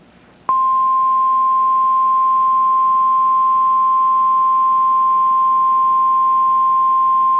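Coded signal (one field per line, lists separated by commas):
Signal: Emergency Alert System (SAME) tones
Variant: 1050 Hz attention tone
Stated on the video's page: Required Weekly Test SAME tones received from a NOAA Weather Radio transmitter.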